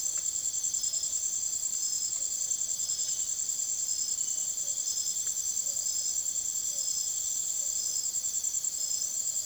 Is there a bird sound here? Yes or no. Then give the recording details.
no. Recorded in secondary vegetation near Puerto Asís, Putumayo, Colombia, on 24 June 2025 at 04:30. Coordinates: 0.489, -76.322. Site G021